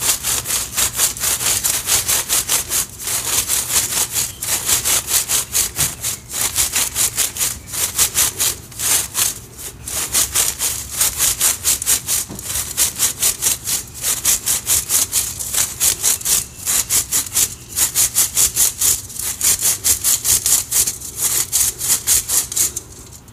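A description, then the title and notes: Dyed gym chalk is crushed in a steady run of dry, gritty crunches and scrapes, packed tightly with brief pauses every few seconds. The sound is bright and rasping, over a faint low hum that stays constant throughout. Black Dyed Chalk Crush. ASMR Satisfying Soft Flaky Crunchy Dyed Gym Chalk Crushing.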